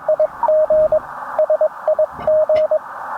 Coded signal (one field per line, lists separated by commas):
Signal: Morse code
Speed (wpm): 21 wpm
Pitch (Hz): 610 Hz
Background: radio noise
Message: IG SIG